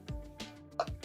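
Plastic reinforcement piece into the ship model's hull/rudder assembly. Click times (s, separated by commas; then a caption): 0.8 s. A small plastic reinforcement piece is pressed into the rudder section of a ship model's hull, with faint steady tones underneath and a few light handling taps. It snaps in with a sharp click at 0.8 s and is seated firmly.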